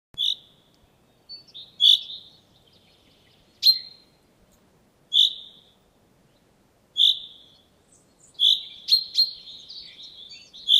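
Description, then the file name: Common chaffinch calls: brief high chirps and sharp ticks at uneven intervals, a quicker cluster of notes near the end, with a quiet background. "Fringilla coelebs"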